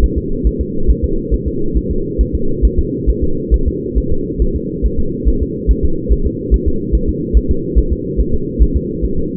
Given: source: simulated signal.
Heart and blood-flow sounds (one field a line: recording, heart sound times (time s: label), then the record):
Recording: fetal heart sounds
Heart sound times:
0.04 s: S1
0.18 s: S2
0.47 s: S1
0.61 s: S2
0.90 s: S1
1.04 s: S2
1.34 s: S1
1.48 s: S2
1.77 s: S1
1.91 s: S2
2.21 s: S1
2.35 s: S2
2.65 s: S1
2.79 s: S2
3.10 s: S1
3.24 s: S2
3.54 s: S1
3.68 s: S2
3.98 s: S1
4.12 s: S2
4.42 s: S1
4.56 s: S2
4.86 s: S1
5.00 s: S2
5.29 s: S1
5.42 s: S2
5.71 s: S1
5.85 s: S2
6.12 s: S1
6.26 s: S2
6.54 s: S1
6.68 s: S2
6.95 s: S1
7.09 s: S2
7.37 s: S1
7.51 s: S2
7.79 s: S1
7.92 s: S2
8.20 s: S1
8.35 s: S2
8.62 s: S1
8.77 s: S2
9.05 s: S1
9.19 s: S2
From the record:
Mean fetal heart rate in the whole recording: 140 bpm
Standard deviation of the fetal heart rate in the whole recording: 2 bpm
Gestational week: 34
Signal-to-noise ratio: -8.1 dB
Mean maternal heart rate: 72 bpm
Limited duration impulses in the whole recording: present